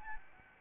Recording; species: mosquito wingbeat signal from an infrared sensor; Aedes albopictus